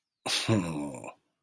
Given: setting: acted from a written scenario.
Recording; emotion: vocal sound without words; contempt